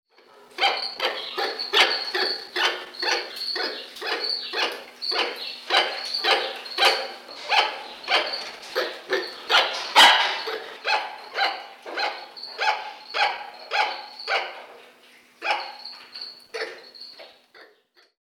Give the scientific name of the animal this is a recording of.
Brachyteles arachnoides